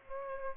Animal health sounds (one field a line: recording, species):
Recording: mosquito wingbeat signal from an infrared sensor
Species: Aedes aegypti